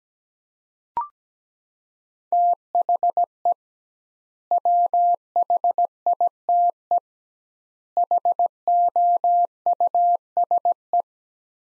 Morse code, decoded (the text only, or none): THE WHITE HOUSE